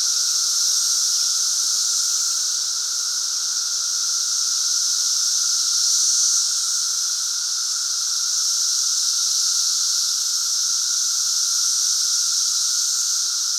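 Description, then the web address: Periodical cicada chorus forming an unbroken high-pitched buzzing wash with a faint steady lower tone, rising and falling gently in loudness. Cicada emergence, 2024; a 220-year cicada bloom. "The Psychologically Ultimate 220 Year Cicada Bloom. Future Site of Pana Steakhouse Cicadas"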